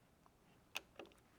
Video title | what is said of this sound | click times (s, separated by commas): Glock Performance Trigger For .40 S&W Glocks (Easy!!) | and I heard that click I don't know if you did or not but | 0.8 s